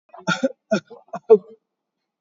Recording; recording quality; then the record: heavy voluntary cough; excellent, no background noise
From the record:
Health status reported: recovered from COVID-19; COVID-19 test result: positive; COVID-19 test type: RT-PCR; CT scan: taken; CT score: 8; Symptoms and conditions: none ticked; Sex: male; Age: 38 years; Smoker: no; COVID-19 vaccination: one dose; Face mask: not worn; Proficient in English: yes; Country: India